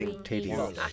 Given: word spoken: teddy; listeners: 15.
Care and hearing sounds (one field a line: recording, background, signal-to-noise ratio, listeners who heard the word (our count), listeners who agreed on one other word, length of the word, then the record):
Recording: one English word in noise, from a listening test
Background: four-talker babble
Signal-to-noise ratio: -1.9 dB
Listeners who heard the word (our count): 0 of 15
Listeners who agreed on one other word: 6 of 15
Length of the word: 0.53 s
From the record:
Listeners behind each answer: 6, 2, 1, 1, 1, 1, 1, 1, 1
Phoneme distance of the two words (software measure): 27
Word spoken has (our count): 2 syllables, 4 phonemes, stress on syllable 1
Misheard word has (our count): 2 syllables, 5 phonemes, stress on syllable 1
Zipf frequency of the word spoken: 4.12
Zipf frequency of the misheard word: 3.22